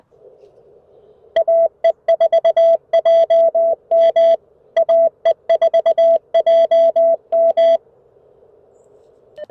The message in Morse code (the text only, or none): AE4JM AE4JM